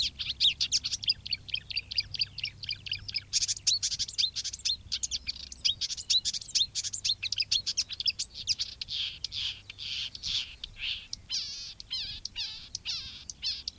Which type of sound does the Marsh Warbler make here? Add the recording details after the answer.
song. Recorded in the wild. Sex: male. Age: adult. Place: Wiesenthau, Bayern, DE. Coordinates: 49.7128, 11.1353. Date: 1962-05-29. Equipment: Stellavox SM 5, Original, Vollspur. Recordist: Tretzel, Erwin